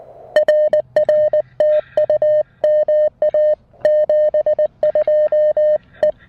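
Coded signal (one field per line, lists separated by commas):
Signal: Morse code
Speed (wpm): 19 wpm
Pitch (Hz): 590 Hz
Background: music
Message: RR TU MA 72 E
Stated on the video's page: Morse sent in straight key mode on a Mountain Topper MTR-4B with an Emtech ZM-2 manual tuner and 9:1 random wire, during a park activation on 20, 30 and 40 meters.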